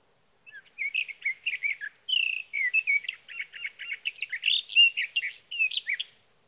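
Sage thrasher song: rapid tumbling warbles, then a run of quick repeated buzzy notes, ending in bright slurred whistles.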